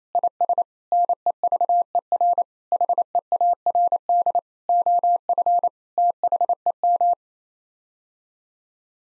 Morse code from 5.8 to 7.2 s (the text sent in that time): THEM